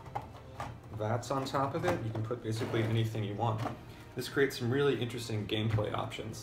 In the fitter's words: It'll snap into place.